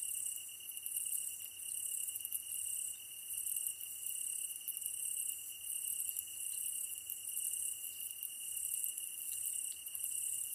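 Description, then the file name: Tree cricket trilling steadily at a high pitch throughout, with high, buzzy insect noise above it. Recorded 15 August 2010 at 22:39; the ezo-tsuyumushi katydid is also named for the recording. "kantan ezotuyumusi 20100815-2239"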